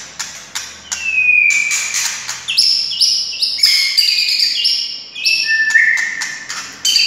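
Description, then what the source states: White-rumped shama song of clear whistles, stepped high notes and rapid clicks repeated in lively phrases over faint background hum. Wild, native forest bird.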